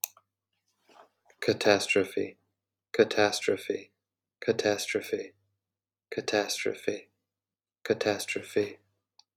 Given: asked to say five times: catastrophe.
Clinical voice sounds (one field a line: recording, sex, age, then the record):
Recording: repeated word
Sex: male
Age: 30 to 39 years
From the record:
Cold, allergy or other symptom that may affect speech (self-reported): no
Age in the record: 34 years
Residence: Wisconsin, United States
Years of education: 16